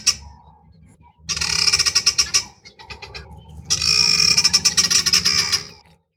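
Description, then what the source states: Guineafowl giving harsh, rapid rattling cackles in two long bursts, each a fast string of grating pulses lasting about a second or two, with quiet between. Calls recorded in South Africa, isolated.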